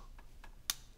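Hinged plastic wings on the back of a plastic action figure are raised into the back hinge until they lock in the up position. Two faint ticks at about 0.2 s and 0.4 s lead to a sharp, bright click at 0.7 s. The wings are seated in the raised position.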